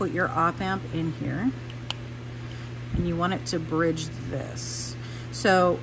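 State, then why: Partly seated. An op amp IC is gently pushed into a solderless breadboard so it bridges the centre channel, giving a single short tick at 1.9 s while someone talks. The chip only partly seats: one side was pushed in too hard, so it won't snap in on the other side.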